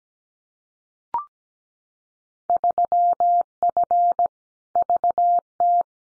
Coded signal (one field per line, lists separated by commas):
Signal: Morse code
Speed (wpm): 17 wpm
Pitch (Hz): 700 Hz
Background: none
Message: 3F VT